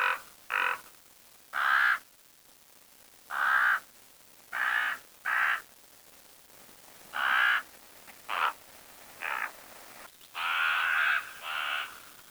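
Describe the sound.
Bird giving loud, harsh caws in irregular bursts, some drawn out, with little else heard.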